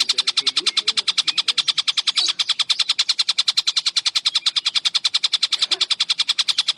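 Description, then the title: Spiderhunter song: rapid, even chipping notes, high-pitched and evenly spaced, running without pause throughout over a faint low background. Long, clear, continuously singing bird; recording made as a tutor track for training songbirds. "Pijantung Gunung Gacor Jernih Panjang"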